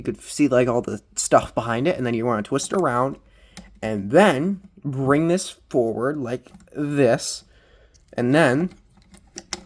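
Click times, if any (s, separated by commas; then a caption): 9.5 s. Someone talks through most of the clip while transforming a Studio Series Rise of the Beasts Apelinq figure, twisting parts around and bringing the front or back plastic body panel forward into the torso. A few faint taps come at 9.0, 9.2 and 9.4 seconds, then a sharp click at 9.5 seconds as the panel snaps into place.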